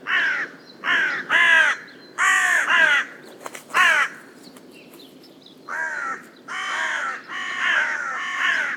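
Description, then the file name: Carrion crow cawing, harsh hoarse caws given in uneven bursts of two or three, with a pause of about two seconds midway before more caws. "Corvus corone"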